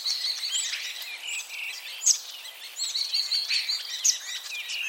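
Common starling song, a dense run of high whistles, sharp clicks and buzzy notes with a few loud squeaky accents, over a steady high hiss.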